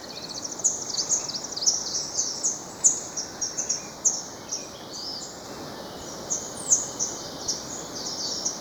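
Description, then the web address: Vermilion tanager giving a run of sharp, very high notes at short, uneven intervals over steady background noise. Ecuador. "S America Birds of Ecuador. Vermilion Tanager"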